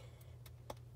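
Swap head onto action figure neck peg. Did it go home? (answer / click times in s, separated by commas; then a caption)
yes / 0.7 s. A plastic swap head is pushed onto an action figure's neck peg after several failed tries, with faint ticks at 0.2 s and 0.5 s over a steady low hum. The head pops on with a short, sharp snap at 0.7 s, seating it on the peg.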